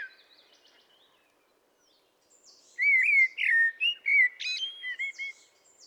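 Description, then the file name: Common blackbird song: after a quiet start, a mellow fluted warble rises and falls, then breaks into a high, squeaky twittering flourish over a calm, clean background. "Turdus merula"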